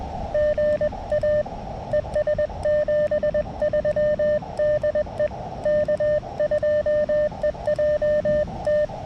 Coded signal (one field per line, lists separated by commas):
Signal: Morse code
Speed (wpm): 20 wpm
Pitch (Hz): 590 Hz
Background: none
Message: GA ES 73 DE K2EJT